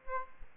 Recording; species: mosquito wingbeat signal from an infrared sensor; Aedes aegypti